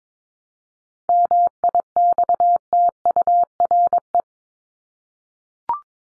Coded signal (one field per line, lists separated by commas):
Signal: Morse code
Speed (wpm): 22 wpm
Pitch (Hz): 700 Hz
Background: none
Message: MIXTURE